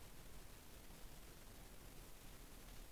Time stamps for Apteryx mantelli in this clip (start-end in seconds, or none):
none